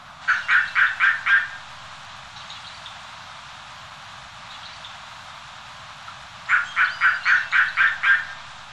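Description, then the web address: Steller's sea eagle calling: a rapid series of five harsh yelping barks, then a pause with faint notes, then another quick run of yelps, over steady background noise. Recorded in the Sakhalin and Kuril Islands. "priroda-sakhalina-i-kuril Haliaeetus pelagicus"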